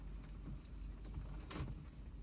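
A replacement red Jaronx Sports engine start/stop button is handled at the plastic trim bezel in the center console of a BMW F30 340i, ready to be pressed back in. Over a steady low background hum, there is a faint short tick at 0.7 s and a louder, brighter rustling scrape at 1.5 s. The button has not seated or clicked into the bezel yet.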